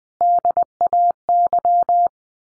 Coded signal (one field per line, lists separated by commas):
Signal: Morse code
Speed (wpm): 20 wpm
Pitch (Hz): 700 Hz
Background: none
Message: DAY